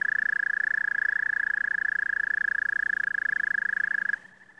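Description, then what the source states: American toad trilling, one long even musical trill at a steady pitch with rapid pulses, stopping abruptly after about four seconds. Croaking.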